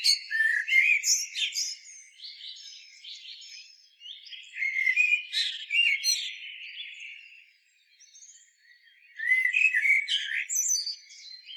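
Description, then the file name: Common blackbird song: three unhurried phrases of low, mellow whistles, each trailing off into high, scratchy twittering, with short gaps of near silence. "Turdus merula"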